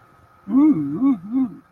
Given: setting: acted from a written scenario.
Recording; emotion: vocal sound without words; desire